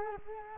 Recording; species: mosquito wingbeat signal from an infrared sensor; Culex quinquefasciatus